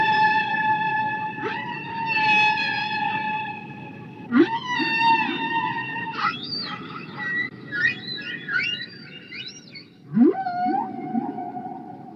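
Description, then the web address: Killer whale giving long, stacked, nasal calls with sharp upsweeping starts, plus squeaky warbling whistles, over steady low hiss. "kasatka"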